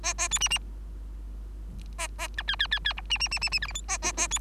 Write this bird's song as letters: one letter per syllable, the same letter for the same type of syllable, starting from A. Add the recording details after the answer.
A A B C C A A D E E E E F C C C C C G H I A A A B. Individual Bird3